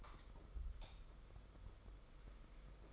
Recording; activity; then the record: daily activity, microphone in the room; light on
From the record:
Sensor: 5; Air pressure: 991.2 hPa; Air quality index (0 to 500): 106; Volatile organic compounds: 22 ppm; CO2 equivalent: 2751 ppm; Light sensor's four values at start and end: 18/43/17/19 and 19/48/19/21